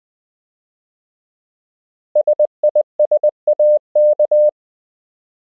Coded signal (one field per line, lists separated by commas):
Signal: Morse code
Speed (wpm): 20 wpm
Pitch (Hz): 600 Hz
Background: none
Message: SISAK